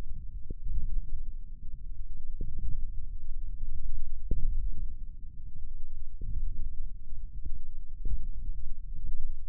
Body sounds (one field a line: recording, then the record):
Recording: forearm muscle sounds (acoustic myography)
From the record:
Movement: ulnar deviation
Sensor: system 1, eight BSWA MPA416 microphones around the upper forearm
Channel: 5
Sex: female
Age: 21 years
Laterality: right